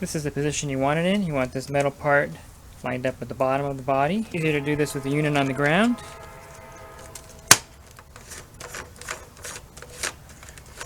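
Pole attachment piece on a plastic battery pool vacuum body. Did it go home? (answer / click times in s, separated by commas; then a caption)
yes / 7.5 s. Someone talks while lining up the metal part of a pole attachment piece with the bottom of the plastic body of a Water Tech Pool Blaster PRO 1500 battery pool vacuum, which is resting on the ground. The attachment is pushed home and snaps onto the vacuum body with a sharp, loud click at 7.5 s, followed by a few faint handling taps.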